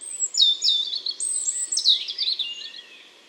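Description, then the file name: European robin song: a fluid run of high, slurred whistles and fast trills that gradually softens toward the end. "Erithacus rubecula"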